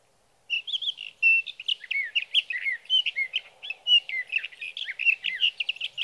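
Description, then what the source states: Sage thrasher song, a long unbroken run of rapid warbled and slurred notes, many rising and falling, with a faint low hum underneath. Male singing through the night near his night roost, evening of June 12 to morning of June 15, 2018, Sierra Valley, California; Swift recorder.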